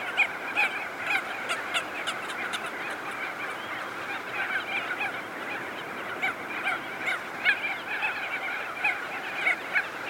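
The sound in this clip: Dense crested auklet calling, countless nasal honks overlapping, with brief louder bursts scattered throughout.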